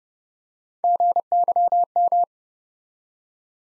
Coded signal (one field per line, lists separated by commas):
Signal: Morse code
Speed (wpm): 31 wpm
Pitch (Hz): 700 Hz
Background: none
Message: GYM